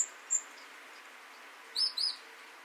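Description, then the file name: Great tit calling with a couple of faint high chips, then a pair of bright, sharp high notes close together, against a low constant hiss. "Parus major"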